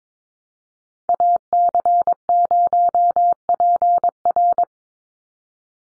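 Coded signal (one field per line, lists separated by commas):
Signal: Morse code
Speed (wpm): 22 wpm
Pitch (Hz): 700 Hz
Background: none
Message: AC0PR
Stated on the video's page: Head-copy drill of North American SOTA chaser callsigns at 22 wpm, each sent in Morse, spoken, then sent again.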